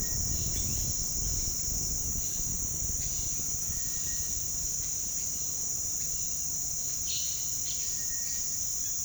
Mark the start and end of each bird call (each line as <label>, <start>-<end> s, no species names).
bird call, 6.98-8.84 s